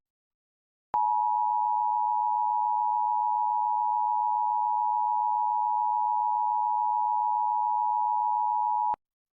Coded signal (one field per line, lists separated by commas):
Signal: Emergency Alert System (SAME) tones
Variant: 853 and 960 Hz attention tone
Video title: EAS Mock - New York City RMT recreation v3